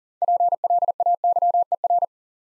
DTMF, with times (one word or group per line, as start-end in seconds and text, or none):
none